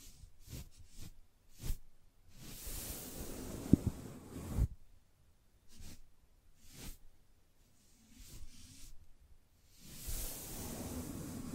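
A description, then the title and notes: Soft brushing strokes sweep and hiss in irregular bursts, some short and quick, others longer and airy, separated by quiet pauses. ASMR Gently Brushing Your Brain (No Talking).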